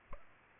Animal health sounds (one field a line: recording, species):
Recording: mosquito wingbeat signal from an infrared sensor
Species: Aedes aegypti